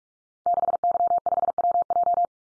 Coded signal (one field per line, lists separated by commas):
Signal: Morse code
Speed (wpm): 44 wpm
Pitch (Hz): 700 Hz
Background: none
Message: 6Y5WJ